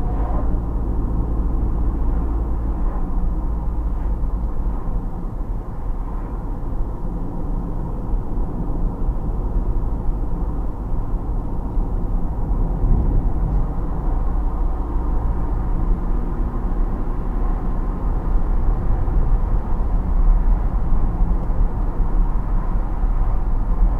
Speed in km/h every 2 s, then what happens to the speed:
59, 59, 57, 53, 53, 57, 57, 59, 62, 68, 68, 70.
0-8 slows to 53. 8-18 speeds up to 68. 18-24 steady at about 68.